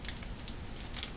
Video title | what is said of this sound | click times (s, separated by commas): Zetta Max Micro Camera - Review | should hear it pop in just like so | 0.5 s